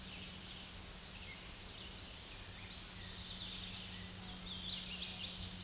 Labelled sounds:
Tennessee Warbler song
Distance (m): 35 m
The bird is about 5 m above the microphone
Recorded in a Pennsylvania forest on 16 May 2024 at 07:57
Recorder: AudioMoth, point MSD-2155
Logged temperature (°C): 15.6 °C
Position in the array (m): 31 m, 128 m

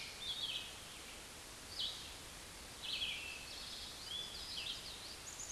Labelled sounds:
Red-eyed Vireo song
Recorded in a Pennsylvania forest on 16 May 2024 at 09:07
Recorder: AudioMoth, point MSD-2287
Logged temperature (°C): 11.2 °C
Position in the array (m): 150 m, 28 m

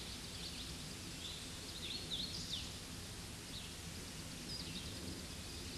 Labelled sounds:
Hooded Warbler song
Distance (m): 45 m
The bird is about 5 m above the microphone
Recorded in a Pennsylvania forest on 16 May 2024 at 07:50
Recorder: AudioMoth, point MSD-0690
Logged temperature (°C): 16.0 °C
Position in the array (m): 155 m, 118 m

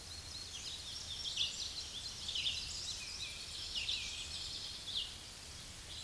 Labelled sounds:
Red-eyed Vireo song
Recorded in a Pennsylvania forest on 16 May 2024 at 07:18
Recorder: AudioMoth, point MSD-2429
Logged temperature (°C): 16.7 °C
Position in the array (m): 109 m, 76 m

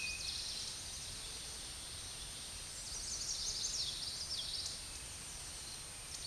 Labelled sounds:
Eastern Towhee song
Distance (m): 25 m
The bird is about 10 m above the microphone
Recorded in a Pennsylvania forest on 16 May 2024 at 08:23
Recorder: AudioMoth, point MSD-2494
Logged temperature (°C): 15.6 °C
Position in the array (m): 169 m, 189 m

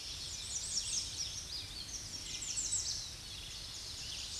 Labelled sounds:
American Redstart song
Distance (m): 30 m
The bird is about 5 m above the microphone
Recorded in a Pennsylvania forest on 16 May 2024 at 07:40
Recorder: AudioMoth, point MSD-0263
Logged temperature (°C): 16.0 °C
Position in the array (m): 114 m, 224 m

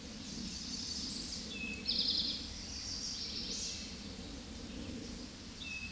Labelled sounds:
Eastern Towhee song
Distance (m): 30 m
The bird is about 5 m above the microphone
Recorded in a Pennsylvania forest on 16 May 2024 at 09:47
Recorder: AudioMoth, point MSD-0788
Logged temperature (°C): 16.6 °C
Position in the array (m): 105 m, 9 m

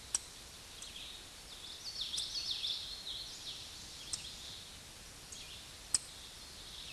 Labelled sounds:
Common Yellowthroat song
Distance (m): 30 m
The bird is about 5 m above the microphone
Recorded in a Pennsylvania forest on 16 May 2024 at 09:05
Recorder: AudioMoth, point MSD-2456
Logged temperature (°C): 16.4 °C
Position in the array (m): 201 m, 77 m

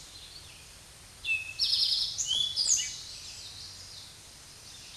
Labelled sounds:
Eastern Towhee song
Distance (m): 10 m
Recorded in a Pennsylvania forest on 16 May 2024 at 06:10
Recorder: AudioMoth, point MSD-0627
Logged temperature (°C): 14.8 °C
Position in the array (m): 108 m, 6 m

